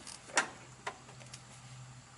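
A retrofitted seat belt buckle in a 1989 Chevy Astro van is undone, and the latch plate releases from the buckle with a sharp click at 0.4 s. Fainter ticks follow at about 0.9 s and 1.3 s as the belt retracts, over a low steady hum.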